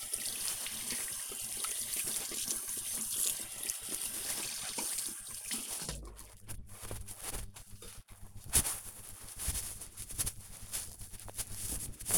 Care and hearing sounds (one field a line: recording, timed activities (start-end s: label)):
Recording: household activities, microphone on the right wrist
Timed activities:
0.00-7.98 s: washing hands